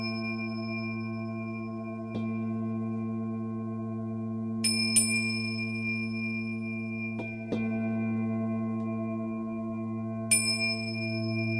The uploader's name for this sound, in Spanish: Meditación con cuencos